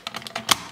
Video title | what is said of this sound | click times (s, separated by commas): DX GT-02 Gorilla/RH-03 Rabbit Review (Power Rangers Beast Morphers) | you go hear the click and boom this is the GT | 0.5 s